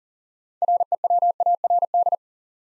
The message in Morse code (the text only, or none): REWARD